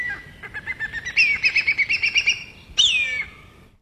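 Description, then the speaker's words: Black kite calling: a quavering series of thin, high whistled notes builds into a rapid trill, followed by a single loud descending whistle that fades away. Familiar sound of black kites, heard around parts of the Kimberley and the Pilbara; played on radio. "Millie the Kite, ending there with the lovely familiar sounds of the black kite you'd definitely be hearing around parts of the Kimberley and the Pilbara as well."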